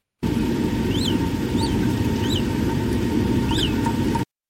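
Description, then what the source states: Naked mole-rat chirps: short high rising-and-falling squeaks, about four over four seconds, above a steady hiss and low rumble with a constant hum. East African rodent of desert regions with little vegetation, living underground.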